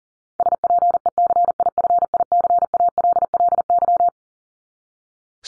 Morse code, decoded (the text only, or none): SPECIFICALLY